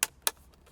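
The driver-side air vent of a 2010-2015 Subaru Legacy/Outback is pressed firmly by hand into the plastic radio conversion dash bezel of a CarPlay and Android Auto kit. Two sharp, bright snaps sound at 0.0 s and 0.3 s, followed by faint small ticks. The vent's clips snap in and it is seated.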